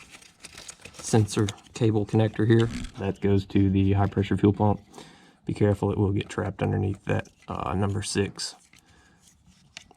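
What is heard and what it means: On a 2014 Ford F-150 3.5 EcoBoost being fixed for a P0303 code, the fuel pressure sensor cable connector, which goes to the high-pressure fuel pump and sits near the number 6 coil, is slid back onto the sensor while someone talks. The connector seats with a sharp click at 9.8 seconds.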